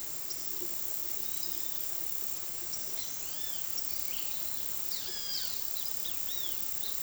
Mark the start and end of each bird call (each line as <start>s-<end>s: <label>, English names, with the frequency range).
2.92s-7.02s: Great Kiskadee (0.2-6.1 kHz)